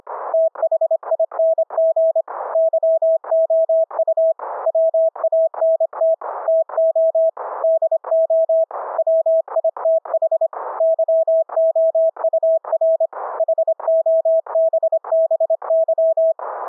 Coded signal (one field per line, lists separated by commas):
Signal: Morse code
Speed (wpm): 25 wpm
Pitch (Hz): 650 Hz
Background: none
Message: THING YOU WANT TO DO WITH YOUR HOBBY